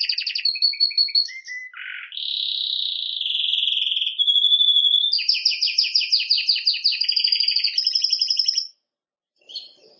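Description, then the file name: Canary song: rapid chirps, a low dip, a long warbling roll, then loud fast buzzy pulses that stop abruptly before a brief final note. "Canary Voice"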